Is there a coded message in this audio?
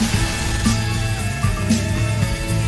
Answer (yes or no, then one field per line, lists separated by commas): no